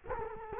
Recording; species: mosquito wingbeat signal from an infrared sensor; Culex quinquefasciatus